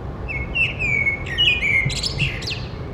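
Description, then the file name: Eurasian blackbird song: clear whistled notes held briefly and gliding downward, then a burst of thin, high, scratchy twittering to close the phrase. "Turdus merula"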